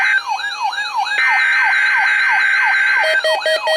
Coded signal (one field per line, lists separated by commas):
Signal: Emergency Alert System (SAME) tones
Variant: header bursts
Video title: Required Weekly Test - 04/14/21 (EAS #2,268)